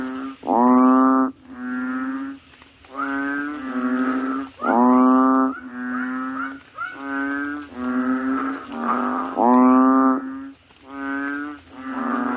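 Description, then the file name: Asian common toad chorus, many overlapping moaning notes roughly every second, some louder and harsher. "suara kodok bangkong"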